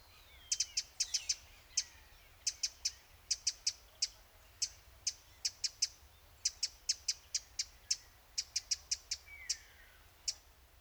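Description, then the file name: Eurasian wren giving a long series of sharp, high ticking call notes, irregularly spaced, sometimes doubled or in short clusters, over faint background hiss. "Troglodytes troglodytes"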